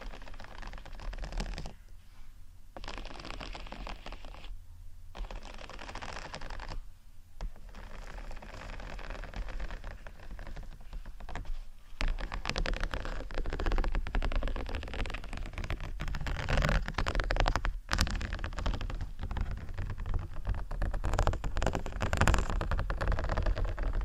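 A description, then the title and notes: Dense scratching on textured sheets, a steady crackly rasp with brief pauses near 2, 5, 7 and 12 seconds, growing louder afterward. ASMR Scratching Textured Sheets Over Felix（No Talking）.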